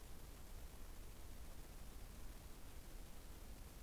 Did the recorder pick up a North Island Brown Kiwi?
no